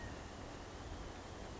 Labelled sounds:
California Quail (Callipepla californica)
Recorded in Sonoma County, California

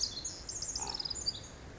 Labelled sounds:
Pacific Wren (Troglodytes pacificus)
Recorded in Sonoma County, California

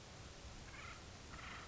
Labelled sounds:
Acorn Woodpecker (Melanerpes formicivorus)
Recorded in Sonoma County, California

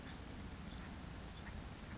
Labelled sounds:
Western Flycatcher (Empidonax difficilis)
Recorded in Sonoma County, California

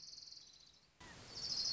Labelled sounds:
Orange-crowned Warbler (Leiothlypis celata)
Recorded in Sonoma County, California

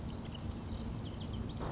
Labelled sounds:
Marsh Wren (Cistothorus palustris)
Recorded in Sonoma County, California

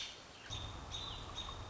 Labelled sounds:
American Robin (Turdus migratorius)
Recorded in Sonoma County, California

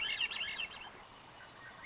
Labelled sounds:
Swainson's Thrush (Catharus ustulatus)
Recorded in Sonoma County, California

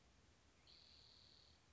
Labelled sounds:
Spotted Towhee (Pipilo maculatus)
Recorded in Sonoma County, California

